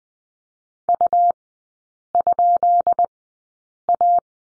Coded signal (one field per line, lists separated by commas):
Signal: Morse code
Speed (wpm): 20 wpm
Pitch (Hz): 700 Hz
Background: none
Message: U?A